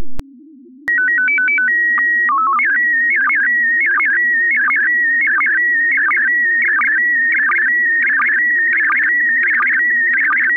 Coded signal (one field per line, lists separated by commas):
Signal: SSTV (slow-scan television)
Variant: PD 90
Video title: Daily Minutes, 6 April 2019. (Including today's Slow Scan Radio!!)